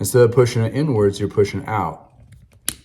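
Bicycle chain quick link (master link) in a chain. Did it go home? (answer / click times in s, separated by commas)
released / 2.7 s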